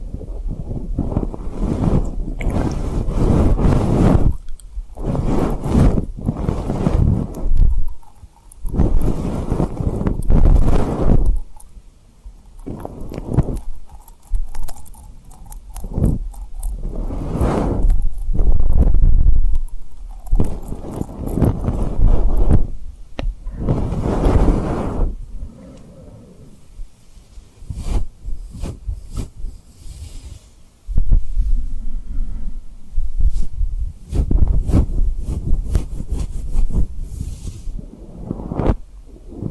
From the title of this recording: Tapping & Rubbing Rhinestone Lip Triggers